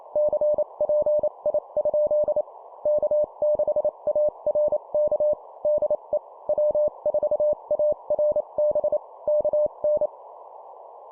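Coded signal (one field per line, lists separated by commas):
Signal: Morse code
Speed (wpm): 28 wpm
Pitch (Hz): 600 Hz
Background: none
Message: CPI? K6ARK DE W4ARB KN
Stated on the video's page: Simulated example CW CQ and QSO exchange at 25 WPM.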